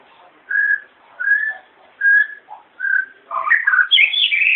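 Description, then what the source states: White-rumped shama singing a few clear whistled notes, then a rapid tumbling burst of higher warbles. Wild, natural song from the forest.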